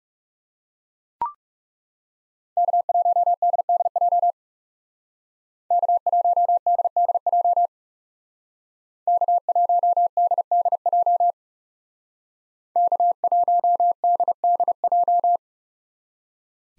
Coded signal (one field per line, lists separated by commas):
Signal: Morse code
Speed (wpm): 39 wpm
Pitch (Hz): 700 Hz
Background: none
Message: K1DDJ K1DDJ K1DDJ K1DDJ